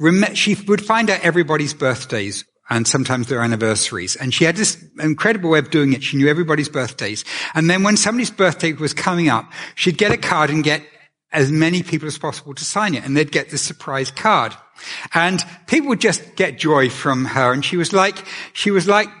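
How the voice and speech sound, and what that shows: An adult male church pastor delivers a sermon in a clear, steady monologue with fluent phrasing, natural pitch movement and brief pauses between sentences. Ordinary adult speech with no voice or articulation problem heard; a quiet room with faint reverberation.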